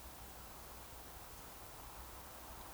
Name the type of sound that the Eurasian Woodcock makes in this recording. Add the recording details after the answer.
whistle. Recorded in Baden-Württemberg, Germany, on 29 June 2020 at 02:30 UTC. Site 43791, 788 m above sea level